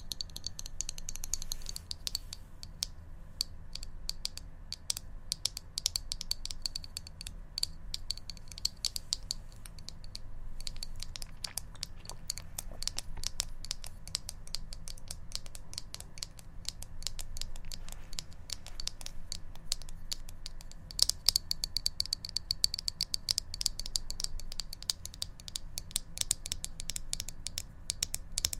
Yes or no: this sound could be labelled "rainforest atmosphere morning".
no